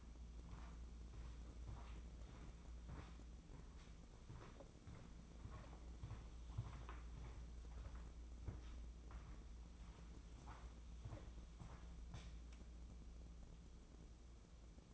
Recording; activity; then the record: daily activity, microphone in the room; walk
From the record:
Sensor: 1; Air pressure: 996.0 hPa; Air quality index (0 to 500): 240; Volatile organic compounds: 1000 ppm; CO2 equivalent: 7009 ppm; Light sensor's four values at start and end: 38/92/40/49 and 38/93/40/49